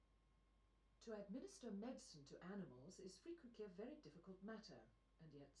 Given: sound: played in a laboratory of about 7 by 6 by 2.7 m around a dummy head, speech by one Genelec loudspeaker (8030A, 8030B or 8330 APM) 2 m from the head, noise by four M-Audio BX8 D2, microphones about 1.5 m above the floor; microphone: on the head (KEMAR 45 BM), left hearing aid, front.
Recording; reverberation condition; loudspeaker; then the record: female speech in English; low; 60 degrees to the right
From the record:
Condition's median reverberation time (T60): about 310 ms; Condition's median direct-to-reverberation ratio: about 3.5 dB